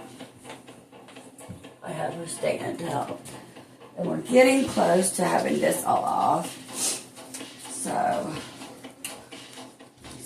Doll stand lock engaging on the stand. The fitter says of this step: See. And the stand also, as you see, locks in place.